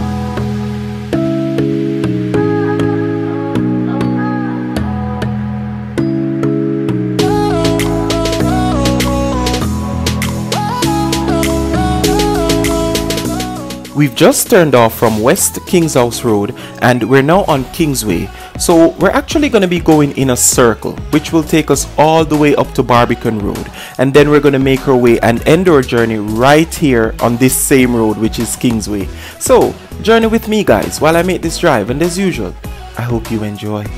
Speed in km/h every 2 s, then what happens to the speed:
40, 44, 34, 24, 15, 15, 23, 29, 35, 40, 40, 37, 29, 24, 19, 21, 11.
2-8 brakes to 15. 10-17 speeds up to 40. 20-27 slows to 19. 30-34 slows to 11.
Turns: 6-12.